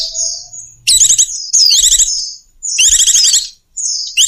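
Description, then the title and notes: Bird calls: a drawn-out high whistle, then loud rapid trilled chatter in short bursts separated by brief gaps. Bird lure sounds used to attract stubborn, hard-to-approach birds. "Suara Burung Bandel Yang Susah Mendekati. Kompilasi Suara Pikat Burung"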